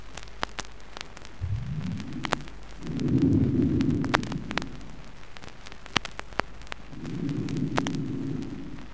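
Bronchial breathing heard by stethoscope over an adult chest, above the level of a pleural exudate in exudative pleurisy; breath sounds are not conducted over the area of dullness below.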